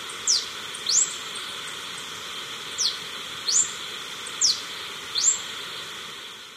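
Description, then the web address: Yellow-throated bush tanager uttering six thin, high chirps that sweep up or down, arriving in loose pairs with short pauses between them. Ecuador. "Natures Songs S America Birds of Ecuador Yellow-throated Bush-Tanager"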